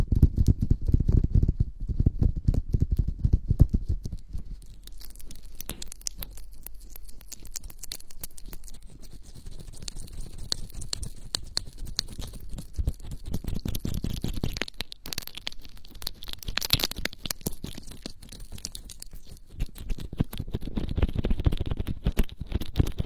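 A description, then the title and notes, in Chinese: Rough, vigorous ear rubbing: a dense run of scratchy, crackling friction with a muffled low rumble underneath. It is heaviest in the first four seconds, eases through the middle, then swells again around 13 to 15 seconds and in the last few seconds. 暴力搓耳。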